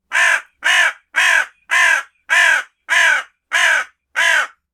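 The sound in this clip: Hooded crow cawing eight times in a steady series, each hoarse arched caw lasting under half a second, roughly two per second, with no other sounds.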